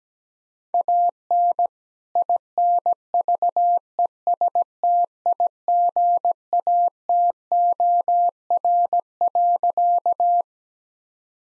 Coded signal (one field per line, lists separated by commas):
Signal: Morse code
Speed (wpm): 17 wpm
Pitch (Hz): 700 Hz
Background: none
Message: AN INVESTIGATOR.